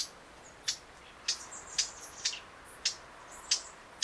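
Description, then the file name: Eurasian blackcap calls: hard, dry tacking clicks repeated about twice a second, slightly irregular. "Sylvia atricapilla"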